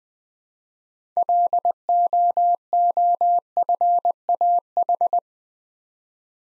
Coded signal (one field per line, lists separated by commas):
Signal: Morse code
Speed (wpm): 20 wpm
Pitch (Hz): 700 Hz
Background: none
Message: LOOFAH